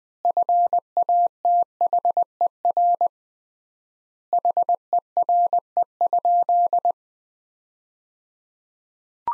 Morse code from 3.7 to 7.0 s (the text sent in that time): HERE?